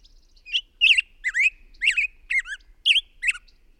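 Bird song of sharp, scratchy chirps with bending pitch, delivered in a quick, uneven series.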